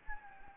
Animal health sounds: mosquito wingbeat signal from an infrared sensor; Anopheles gambiae

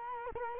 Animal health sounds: mosquito wingbeat signal from an infrared sensor; Culex quinquefasciatus

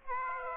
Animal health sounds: mosquito wingbeat signal from an infrared sensor; Aedes aegypti

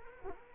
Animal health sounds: mosquito wingbeat signal from an infrared sensor; Anopheles arabiensis

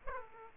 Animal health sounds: mosquito wingbeat signal from an infrared sensor; Aedes aegypti

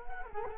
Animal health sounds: mosquito wingbeat signal from an infrared sensor; Culex quinquefasciatus

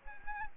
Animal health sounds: mosquito wingbeat signal from an infrared sensor; Aedes aegypti

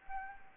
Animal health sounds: mosquito wingbeat signal from an infrared sensor; Anopheles arabiensis

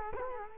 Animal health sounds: mosquito wingbeat signal from an infrared sensor; Culex quinquefasciatus

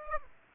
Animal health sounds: mosquito wingbeat signal from an infrared sensor; Aedes aegypti

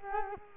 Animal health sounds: mosquito wingbeat signal from an infrared sensor; Culex quinquefasciatus

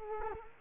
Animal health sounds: mosquito wingbeat signal from an infrared sensor; Culex quinquefasciatus

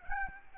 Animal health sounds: mosquito wingbeat signal from an infrared sensor; Aedes albopictus

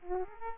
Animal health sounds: mosquito wingbeat signal from an infrared sensor; Aedes aegypti

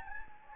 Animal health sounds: mosquito wingbeat signal from an infrared sensor; Anopheles gambiae

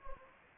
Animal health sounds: mosquito wingbeat signal from an infrared sensor; Anopheles gambiae

